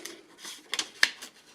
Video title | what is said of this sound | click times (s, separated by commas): How To Load Journal Audit Roll Till Rolls On To Take Up Spool Sam4S NR520RB NR520FB Cash Registers | pop that back on. It clicks into place, and | 1.0 s